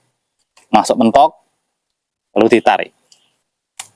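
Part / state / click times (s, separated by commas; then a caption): sprayer hose quick-release coupling onto pump outlet fitting / seated / 3.8 s. A plastic quick-release hose coupling on a sprayer hose is pushed onto the pump outlet fitting of a DPS 2800 portable sprayer being modified into an electric sprayer until it bottoms out, then its sleeve is pulled back. Someone talks, then a small soft tick at about 3.1 s is followed by a sharp click at 3.8 s as the coupling locks in place, seated so it won't leak.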